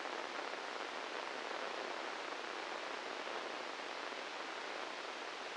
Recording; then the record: brain microelectrode recording played as sound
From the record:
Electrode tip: inside the subthalamic nucleus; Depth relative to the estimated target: 1 mm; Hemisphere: right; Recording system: NeuroSet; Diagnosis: Parkinson's disease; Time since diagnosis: 15 years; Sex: female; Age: 59 years